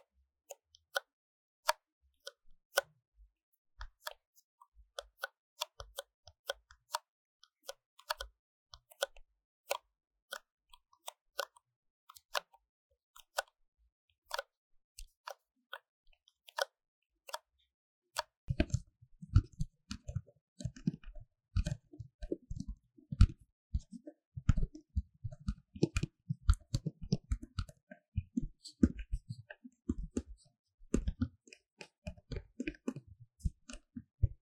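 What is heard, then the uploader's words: Paper cup triggers: sharp, crisp taps and clicks on a paper cup come at an irregular, fairly quick pace for the first eighteen seconds. Then the sound turns denser and lower, with rapid crinkling, thumping handling and squeezing packed closely together until the end. 紙杯觸發 | Paper Cup triggers | NoTalking.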